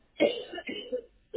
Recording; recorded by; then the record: voluntary cough; telephone call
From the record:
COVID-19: positive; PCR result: checked with the laboratory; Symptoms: yes